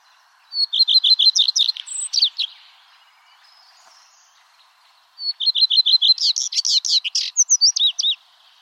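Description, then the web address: Common redstart singing two high phrases a few seconds apart, each opening with rapid repeated notes and breaking into a jumbled, scratchy twitter. "chant Rouge queue a front blanc"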